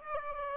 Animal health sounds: mosquito wingbeat signal from an infrared sensor; Aedes aegypti

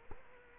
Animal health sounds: mosquito wingbeat signal from an infrared sensor; Culex quinquefasciatus

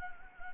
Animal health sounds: mosquito wingbeat signal from an infrared sensor; Anopheles gambiae

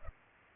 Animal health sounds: mosquito wingbeat signal from an infrared sensor; Culex pipiens

